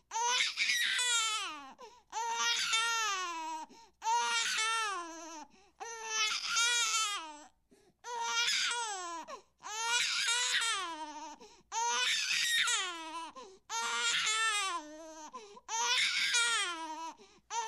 Newborn Baby Crying.